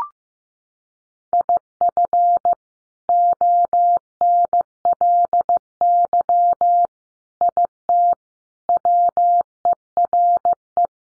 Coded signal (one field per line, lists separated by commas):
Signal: Morse code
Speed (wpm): 15 wpm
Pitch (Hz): 700 Hz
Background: none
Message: IF ONLY IT WERE